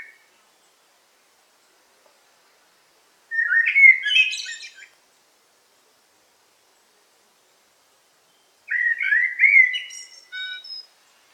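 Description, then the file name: Eurasian blackbird singing two separate phrases, each a low fluty warble ending in a higher, scratchy twitter, with quiet pauses between them. Recorded in a forest on 8 July 2018. "180708 blackbird forest"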